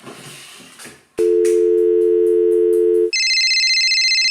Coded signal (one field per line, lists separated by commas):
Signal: telephone call progress tone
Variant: North America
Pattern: dial tone